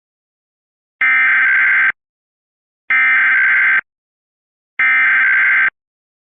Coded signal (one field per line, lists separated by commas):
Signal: Emergency Alert System (SAME) tones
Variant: header bursts